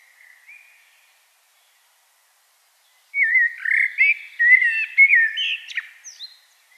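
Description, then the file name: Common blackbird: a quiet whistled note, a few seconds of silence, then a loud flowing phrase of rich, looping whistles with a thin squeaky note at the end. "Turdus merula"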